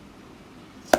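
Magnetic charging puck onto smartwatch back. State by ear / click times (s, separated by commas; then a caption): seated / 0.9 s. A round magnetic charging puck is brought to the back of an Apple Watch SE smartwatch over a quiet, low background. At 0.9 s it snaps into place magnetically with one short, sharp hit, and the charger is seated.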